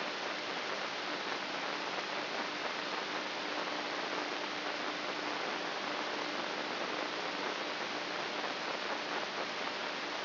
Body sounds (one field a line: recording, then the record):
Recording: brain microelectrode recording played as sound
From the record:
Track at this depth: inside the subthalamic nucleus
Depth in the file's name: 5.283 mm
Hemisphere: left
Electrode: 3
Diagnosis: Parkinson's disease